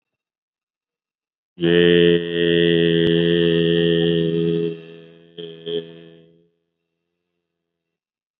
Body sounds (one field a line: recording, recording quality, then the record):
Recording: sustained vowel as in made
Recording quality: excellent, no background noise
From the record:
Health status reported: COVID-19 positive, mild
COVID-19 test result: positive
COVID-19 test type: RT-PCR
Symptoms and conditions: cough, hypertension, diabetes, another condition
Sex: male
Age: 59 years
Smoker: no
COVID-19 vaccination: one dose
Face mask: not worn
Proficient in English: yes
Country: India